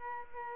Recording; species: mosquito wingbeat signal from an infrared sensor; Aedes aegypti